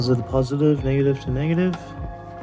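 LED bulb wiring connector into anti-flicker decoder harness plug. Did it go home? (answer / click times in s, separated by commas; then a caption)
no / none. A Fahren 9005 HB3 LED high beam bulb's plastic wiring connector for a 2007-2011 Toyota Camry is lined up with the anti-flicker decoder harness plug, matching positive to positive and negative to negative, while someone talks. The connector is handled but not yet pushed home, and nothing has clicked or seated yet.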